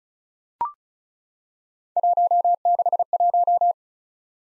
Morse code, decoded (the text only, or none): 161